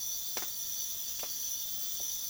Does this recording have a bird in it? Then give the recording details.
no. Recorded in secondary vegetation near Puerto Asís, Putumayo, Colombia, on 23 June 2025 at 04:30. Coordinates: 0.500, -76.326. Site GP08